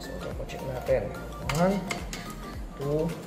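Someone presses the CPU cooler's push pins into the motherboard, handling the fasteners while someone talks and music plays in the background. The pins have not seated or clicked into place yet.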